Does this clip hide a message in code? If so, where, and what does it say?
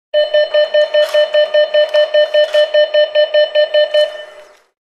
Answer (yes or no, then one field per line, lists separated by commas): no